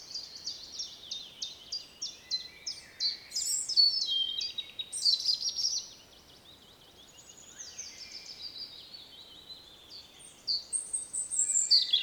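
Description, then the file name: European robin song: high, thin, varied twittering phrases with trills and sliding whistles, a quiet pause in the middle, then another sweet warbling phrase. "Erithacus rubecula"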